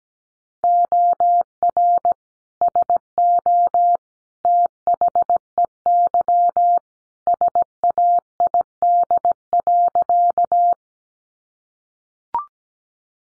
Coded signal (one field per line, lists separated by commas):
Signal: Morse code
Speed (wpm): 17 wpm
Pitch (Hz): 700 Hz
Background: none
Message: OR SO THEY SAID.